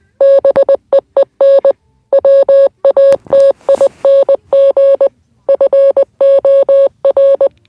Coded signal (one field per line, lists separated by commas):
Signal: Morse code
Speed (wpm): 20 wpm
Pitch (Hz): 550 Hz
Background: none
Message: BEEN WATING FOR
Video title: Morse code